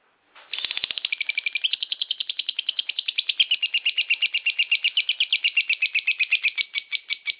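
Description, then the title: Lovebird song, a long, rapid stream of high, scratchy chirps that begins suddenly and keeps an even, fast rhythm to the end. Song of a lovebird described as a national champion. "Kicau Burung LoveBird, Suara Burung LoveBird Juara Nasional"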